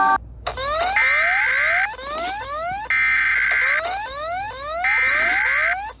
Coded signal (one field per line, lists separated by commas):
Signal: Emergency Alert System (SAME) tones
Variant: header bursts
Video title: eas alarm animados 2